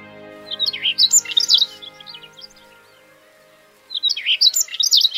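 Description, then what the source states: Siberian rubythroat song: two short bursts of warbled, scratchy and whistled notes with a pause between them. Teuri Island, Hokkaido, Japan.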